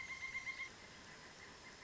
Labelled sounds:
Pileated Woodpecker (Dryocopus pileatus)
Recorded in Sonoma County, California

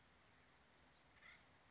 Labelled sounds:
Acorn Woodpecker (Melanerpes formicivorus)
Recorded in Sonoma County, California

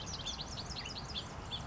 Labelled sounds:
House Finch (Haemorhous mexicanus)
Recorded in Sonoma County, California

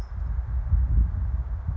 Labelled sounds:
California Towhee (Melozone crissalis)
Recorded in Sonoma County, California

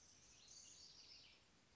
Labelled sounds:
House Wren (Troglodytes aedon)
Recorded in Sonoma County, California

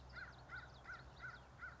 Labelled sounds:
American Crow (Corvus brachyrhynchos)
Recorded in Sonoma County, California

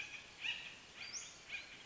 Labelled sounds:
Western Flycatcher (Empidonax difficilis)
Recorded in Sonoma County, California

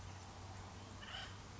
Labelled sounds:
Acorn Woodpecker (Melanerpes formicivorus)
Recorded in Sonoma County, California

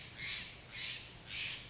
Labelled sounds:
Steller's Jay (Cyanocitta stelleri)
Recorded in Sonoma County, California

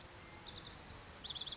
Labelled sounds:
Lazuli Bunting (Passerina amoena)
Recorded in Sonoma County, California

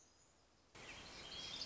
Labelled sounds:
Black-throated Gray Warbler (Setophaga nigrescens)
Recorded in Sonoma County, California

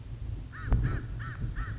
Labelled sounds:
American Crow (Corvus brachyrhynchos)
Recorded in Sonoma County, California

